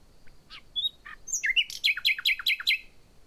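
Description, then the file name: Common nightingale song opening with scattered soft notes, then a loud series of about eight rapid, repeated down-slurred whistles at an even pace. "Luscinia megarhynchos"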